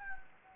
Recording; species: mosquito wingbeat signal from an infrared sensor; Anopheles gambiae